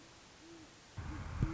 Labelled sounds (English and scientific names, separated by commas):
Great Horned Owl (Bubo virginianus)